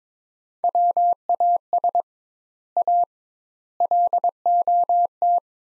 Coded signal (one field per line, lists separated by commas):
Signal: Morse code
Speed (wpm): 22 wpm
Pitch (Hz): 700 Hz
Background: none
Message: WAS A LOT